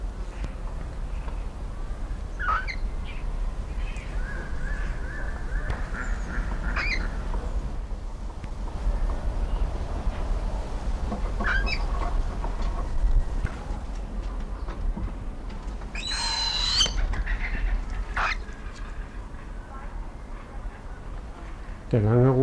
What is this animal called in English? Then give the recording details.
Northern Hawk-Owl. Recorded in captivity. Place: Timmendorfer Strand, Holsteinische Schweiz, Schleswig-Holstein, DE. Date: 1992-09-21 15:30. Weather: sonnig, 22°C. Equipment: Marantz CP 430, Sennheiser ME 80, Kopie Tesla B 116. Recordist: Tembrock, Günter